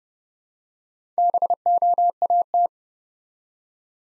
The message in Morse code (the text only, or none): BOAT